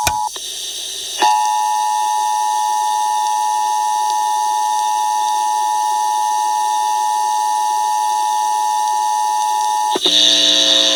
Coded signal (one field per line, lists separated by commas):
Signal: Emergency Alert System (SAME) tones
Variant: 853 and 960 Hz attention tone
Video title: EAS 174: Civil Authorities issue Required Monthly Test for all of PA (05/19/2022)